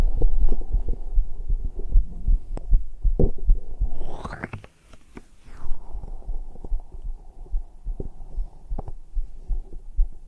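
Normal adult heartbeat heard through a microphone on bare skin of the chest, about 78 beats per minute.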